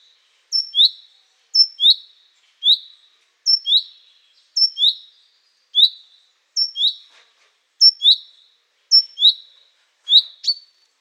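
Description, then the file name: Common chaffinch calling: short two-note chirps, a high level tick then a lower rising note, repeated steadily roughly every second. "Fringilla coelebs"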